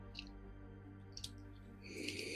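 Two folded plastic leg sections of a transforming robot toy are handled as they are folded up toward locking into place, with light taps and faint plastic contact sounds near 0.2 and 1.2 seconds over a steady low hum. A brief burst of rustling handling noise comes near the end. Nothing has seated or locked yet.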